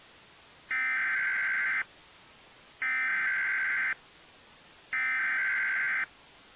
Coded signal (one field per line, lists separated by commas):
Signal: Emergency Alert System (SAME) tones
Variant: header bursts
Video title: EAS Event Retrospective: July 4th, 2001 Severe Weather Outbreak (With Valid Tones)